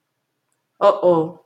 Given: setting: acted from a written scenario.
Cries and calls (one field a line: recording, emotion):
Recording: vocal sound without words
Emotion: embarrassment